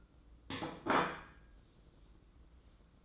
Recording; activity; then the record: daily activity, microphone in the room; place plate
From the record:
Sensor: 3